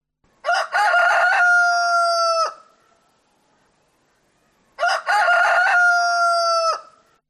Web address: el gallo canta dos veces en la calle